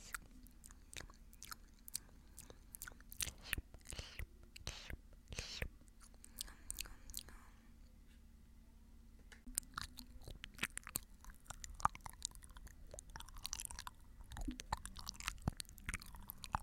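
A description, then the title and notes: Wet mouth clicks and gum chewing come in quick irregular bursts, busy early, pausing around eight seconds, then resuming over a low hum. Mouth Sounds - Clicking, wet noise, gum chewing, etc. Quick mouth sounds that change in speed and vary over the minutes.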